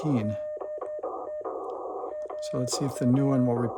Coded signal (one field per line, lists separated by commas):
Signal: Morse code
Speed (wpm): 11 wpm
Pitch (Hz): 610 Hz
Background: speech, radio noise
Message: DE AA